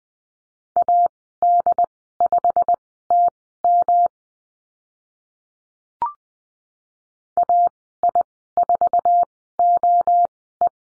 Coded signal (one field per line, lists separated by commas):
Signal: Morse code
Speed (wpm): 20 wpm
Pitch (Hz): 700 Hz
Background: none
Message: AD5TM AI4OE